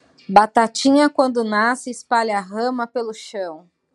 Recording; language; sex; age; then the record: short text; Brazilian Portuguese; female; 30 to 39 years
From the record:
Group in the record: control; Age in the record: 35 years